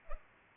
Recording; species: mosquito wingbeat signal from an infrared sensor; Culex pipiens